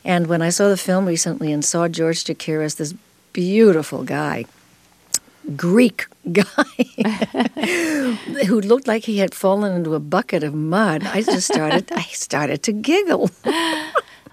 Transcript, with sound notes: And when I saw the film recently and saw George Chakiris, this beautiful guy, Greek guy (laughter) who looked like he had fallen into a bucket of mud, I just started - I started to giggle.